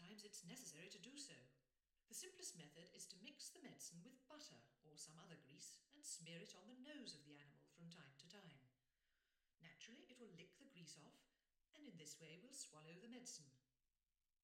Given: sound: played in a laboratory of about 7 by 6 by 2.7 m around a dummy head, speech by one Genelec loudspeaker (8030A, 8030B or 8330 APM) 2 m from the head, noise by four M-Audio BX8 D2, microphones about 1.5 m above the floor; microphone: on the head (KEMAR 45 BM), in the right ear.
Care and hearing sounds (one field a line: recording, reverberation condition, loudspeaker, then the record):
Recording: female speech in English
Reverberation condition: medium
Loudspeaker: 30 degrees to the right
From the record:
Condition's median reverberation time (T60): about 510 ms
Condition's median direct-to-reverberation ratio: about -0.5 dB